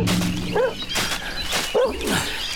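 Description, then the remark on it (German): A dog that has found something gives two short, high yips about a second apart, with sharp noisy bursts between them and a steady low hum underneath. “Was hat dein Köter da gefunden, Lamprecht?”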